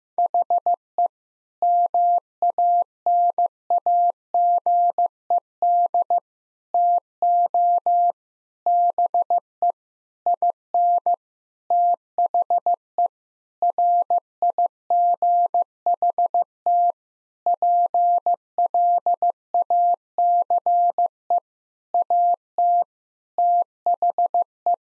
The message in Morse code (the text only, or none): HE MANAGED TO BE IN THE RIGHT PLACE AT THE